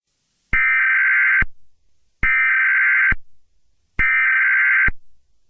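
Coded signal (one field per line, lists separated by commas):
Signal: Emergency Alert System (SAME) tones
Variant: header bursts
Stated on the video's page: Comedy Emergency Alert System alert about a drunken Santa.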